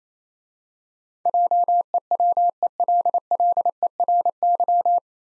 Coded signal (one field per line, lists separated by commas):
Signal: Morse code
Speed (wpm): 27 wpm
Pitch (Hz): 700 Hz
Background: none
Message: JEWELLERY